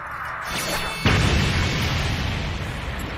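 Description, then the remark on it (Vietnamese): A heavy booming impact hits suddenly after a short rising whoosh as a body, flung a hundred zhang, crashes to the ground and makes a deep pit, followed by a sustained low rumble that slowly fades. No voices are heard. “Ầm một tiếng, thân thể của Miểu Trần trực tiếp bay ra ngoài trăm trượng, sau đó rơi xuống mặt đất, lập tức tạo thành một cái hố sâu.”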